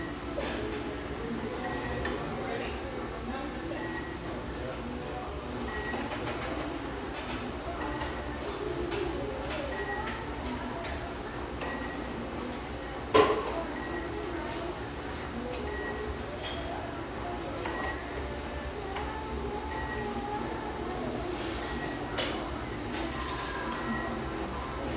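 Lively coffeeshop ambience: a steady murmur of overlapping voices, short beeps recurring every second or two, clinks throughout, and one sharp clatter near thirteen seconds.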